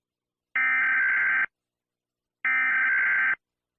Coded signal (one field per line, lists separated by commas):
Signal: Emergency Alert System (SAME) tones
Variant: header bursts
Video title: EAS Scneario 5: Hazbin Hotel Horror Mayhem III